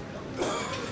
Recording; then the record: coughing mixed with background sound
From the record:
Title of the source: Mid-morning Winter Coughing Fit